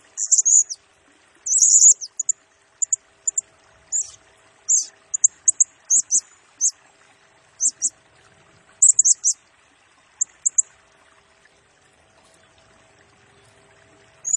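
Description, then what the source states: Blue-crowned hanging parrot song: very high, thin sibilant notes given singly and in short bursts, with irregular gaps and a long near-silent stretch near the end. Lure and tutor recording for training and attracting birds; bird sings energetically (gacor) in rapid nembak style, said to stir up all other birds.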